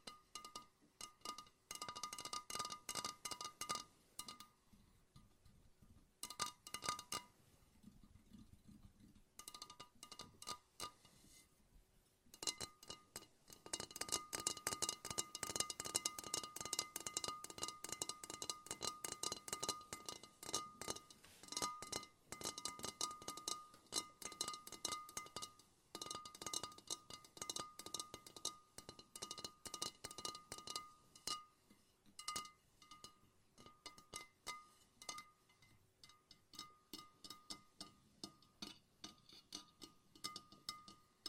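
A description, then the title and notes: Rapid fingertip tapping on a lava lamp's glass, a dense run of bright, clinking taps that comes in bursts with short pauses around 5, 8 and 12 seconds. The busiest stretch runs from about 13 to 25 seconds, then the taps thin into quicker, choppier clusters. ASMR No Talking Lava Lamp Tapping.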